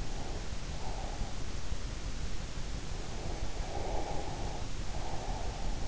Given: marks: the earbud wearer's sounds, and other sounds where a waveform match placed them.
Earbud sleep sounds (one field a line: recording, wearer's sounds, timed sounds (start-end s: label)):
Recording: sounds in sleep by an in-ear microphone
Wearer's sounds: breath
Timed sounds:
0.00-1.36 s: breath
3.22-5.85 s: breath